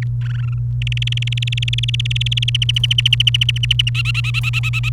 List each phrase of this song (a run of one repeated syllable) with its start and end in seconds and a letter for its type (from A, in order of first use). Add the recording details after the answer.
0.02-0.03 A, 0.21-0.54 B, 0.82-2.50 C, 2.54-3.89 D, 3.95-4.89 E. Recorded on 29 April 2018 at 15:19. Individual llb3